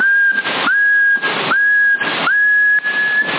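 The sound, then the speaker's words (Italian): A person whistles a steady, mid-pitched tone into a CB radio microphone in Sassari, Italy, holding it almost unchanged with brief dips, while bursts of breathy hiss pulse in rhythm over a thin, band-limited sound. “No, non fischiamo, quando fischi rimane fermo, quando parli, i toni bassi lo fanno abbassare, prova a parlare invece.”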